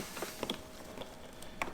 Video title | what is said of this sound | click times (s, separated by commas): Installing the PathFinder Power Accessory Hub on my 2023 Honda Goldwing. | See if I can point it up a little bit. There we go, snaps into place. | 1.6 s